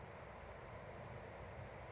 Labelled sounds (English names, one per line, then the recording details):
California Towhee
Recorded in Sonoma County, California